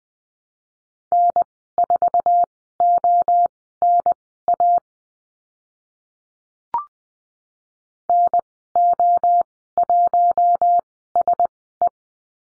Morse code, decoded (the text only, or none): N4ONA NO1SE